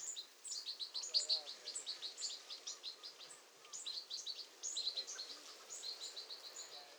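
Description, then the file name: European goldfinch giving a long run of soft, high twittering chirps over a faint hiss. "Carduelis carduelis"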